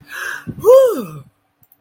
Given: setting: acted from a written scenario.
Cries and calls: vocal sound without words; ecstasy

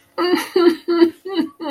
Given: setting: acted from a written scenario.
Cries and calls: vocal sound without words; sadness

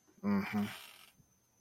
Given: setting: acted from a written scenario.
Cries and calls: vocal sound without words; romantic love

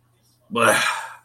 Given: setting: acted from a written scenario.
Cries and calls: vocal sound without words; disgust

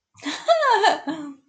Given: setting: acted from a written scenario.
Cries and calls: vocal sound without words; amusement

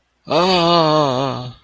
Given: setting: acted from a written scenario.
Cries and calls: vocal sound without words; elation

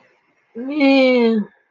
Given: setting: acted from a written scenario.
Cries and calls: vocal sound without words; neutral

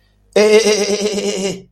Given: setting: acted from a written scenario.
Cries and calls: vocal sound without words; contempt

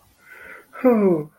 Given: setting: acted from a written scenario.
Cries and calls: vocal sound without words; shame

